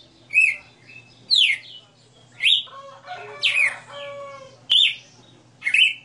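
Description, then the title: Red-cowled cardinal giving loud downslurred whistles spaced about a second apart, interrupted by a longer harsh, layered phrase. Female bird singing live; the song is described as sixty notes. "Canto Galo Campina Fêmea. Galo de Campina 60 NOTAS Cantando Ao vivo"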